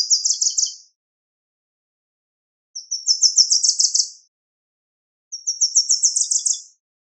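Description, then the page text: Small bird singing three high, rapid trilled phrases, with silence between them. Gentle morning singing of small birds. "小鳥のさえずり2"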